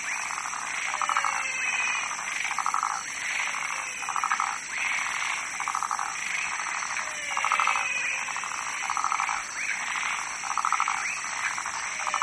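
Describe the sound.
A frog gives short rattling croaks in a steady series, about one per second, with faint rising chirps higher up and a constant background hiss.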